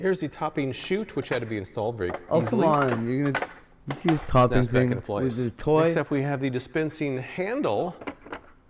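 Someone talks while handling the plastic dispensing handle for a soft serve machine, getting ready to fit it so it locks into place. Nothing has seated or clicked yet; only speech and faint handling noise are heard.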